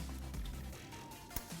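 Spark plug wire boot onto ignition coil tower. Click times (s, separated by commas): 1.4 s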